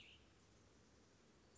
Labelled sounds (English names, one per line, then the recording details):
Cassin's Vireo
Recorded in Sonoma County, California